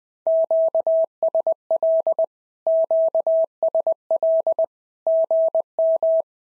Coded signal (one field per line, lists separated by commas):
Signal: Morse code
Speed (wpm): 20 wpm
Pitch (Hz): 650 Hz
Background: none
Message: QSL QSL GM